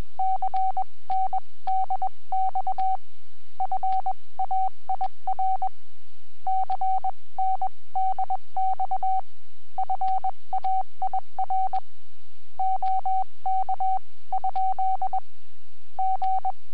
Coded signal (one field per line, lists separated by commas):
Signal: Morse code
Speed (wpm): 20 wpm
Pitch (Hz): 760 Hz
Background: radio noise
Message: CNDX FAIR CNDX FAIR OK ? G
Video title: Webcam video from 20 January 2015 at 08:10 (UTC)..G0NXA,,30M CW QSO